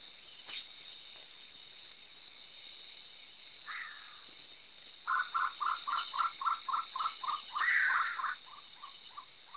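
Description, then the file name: Sri Lanka frogmouth calling: a harsh rasping note, then a rapid run of many short, even chuckling notes, broken by a louder grating burst in the later part. "Ceylon frogmouth"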